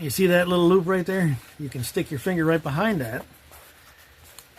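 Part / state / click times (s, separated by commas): metal snap fastener on a leather bag flap / seated / 4.4 s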